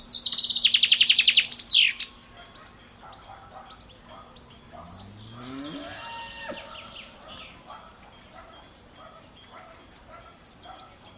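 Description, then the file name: Common chaffinch song: the tail of a fast, high trill closing in a flourish, followed by long quiet with faint, scattered bird notes in the background. "Fringilla coelebs"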